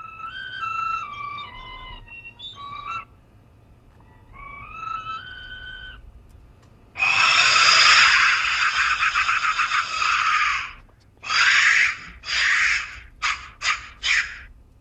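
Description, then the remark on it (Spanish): A clay skull-shaped death whistle sounds two wavering, hollow whistled phrases, then lets out a long, loud, harsh shriek like a scream, followed by a string of short screeching blasts. “Sonido percutiendo el interior de uno de estos silbatos intactos de la muerte.”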